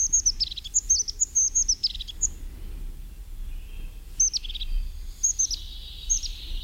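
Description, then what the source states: European Crested Tit calls: clusters of very high, thin, quick notes with short descending trills, given in bursts separated by pauses. Small groups, solitary birds or pairs at two or three places along the path.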